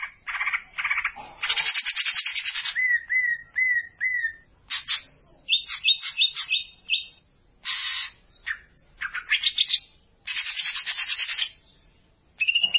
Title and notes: Kicau Burung Cucak Ijo Juara. Suara kicauan burung cucak ijo